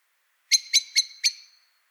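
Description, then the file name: Common blackbird giving four sharp, metallic clicking notes about a quarter second apart, each ringing briefly, against a silent background. "Turdus merula"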